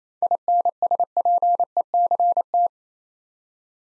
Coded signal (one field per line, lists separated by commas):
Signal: Morse code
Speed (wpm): 27 wpm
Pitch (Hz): 700 Hz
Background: none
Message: INSPECT